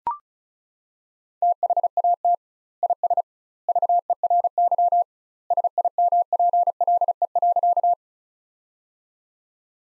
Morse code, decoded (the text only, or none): THAT IS VERY SIMPLE.